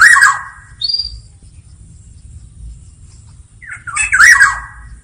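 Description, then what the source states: Black-naped oriole with a rasping squawk at the start and another near the end, each blended with a mellow slurred whistle; a brief thin high note between, low hum throughout. Singing loudly and continuously (gacor ngeplong); recording intended as training or therapy audio for songbirds.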